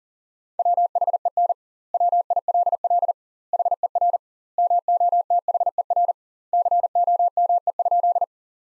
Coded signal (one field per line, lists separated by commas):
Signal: Morse code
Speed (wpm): 40 wpm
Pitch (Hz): 700 Hz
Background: none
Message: WHEN WILL HER MOTHER COME?